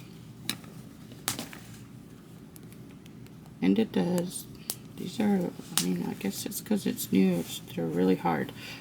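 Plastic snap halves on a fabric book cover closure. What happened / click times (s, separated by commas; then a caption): A small plastic snap pressed shut and held / 0.5 s, 1.3 s. A newly installed plastic snap on a fabric address book cover closure is pressed shut to check that it holds, giving sharp clicks at 0.5 s and 1.3 s. The snap stays closed, and someone then talks, noting that the new snaps are really hard to work.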